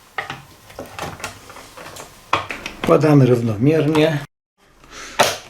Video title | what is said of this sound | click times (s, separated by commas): Lusterka w samochodzie trzeszczą i blokują się, jak rozkręcić i smarować mechanizm lusterek | obudowa zatrzaskuje się. | 5.2 s